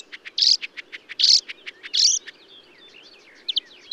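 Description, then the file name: Marsh warbler song alternating dry ticking notes with three loud, harsh buzzy bursts, then softer scattered twitters. Recorded at Bonnevaux on 31 May 2009 at 05:35. "Rousserolle verderolle 20090531 0535 25 Bonnevaux"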